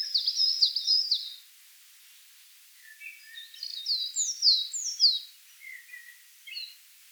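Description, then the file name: Coal tit song: a brief run of high, rapid two-note phrases at the start, followed by varied sharp descending high notes and some lower thin whistles. "Periparus ater"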